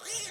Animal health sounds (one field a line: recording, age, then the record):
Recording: pig call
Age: piglet (1 to 25 days)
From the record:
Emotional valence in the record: negative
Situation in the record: long isolation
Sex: male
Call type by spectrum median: high-frequency call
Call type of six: high-frequency stable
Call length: 0.31 s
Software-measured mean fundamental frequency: 309 Hz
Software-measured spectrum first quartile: 2934 Hz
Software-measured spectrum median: 5639 Hz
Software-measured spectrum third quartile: 7133 Hz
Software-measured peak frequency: 5779 Hz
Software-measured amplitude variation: 78 dB a second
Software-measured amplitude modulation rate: 12.9 a second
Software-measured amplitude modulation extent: 6.1 dB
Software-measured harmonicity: 2.2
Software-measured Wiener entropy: -1.39